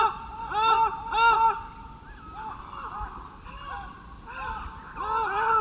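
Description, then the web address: Festive amazon calls: harsh, nasal, arched squawks come in loose pairs and clusters, with a few fainter answering notes over a steady background hum. Two pairs calling, eastern lowlands of South America. "ENTER Music and Audio. Nature Songs S America Eastern Lowlands. Amazona festiva, calls 2 pairs"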